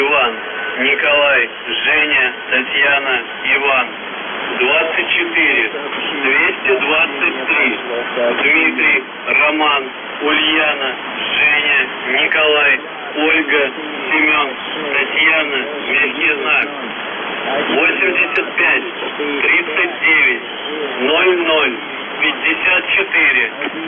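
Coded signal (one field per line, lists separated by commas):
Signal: numbers station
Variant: UVB-76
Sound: a voice speaking steadily over a narrow, muffled radio channel, no buzzing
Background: radio static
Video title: Uvb 76/ The buzzer voice message January 6, 2022 11:46 UTC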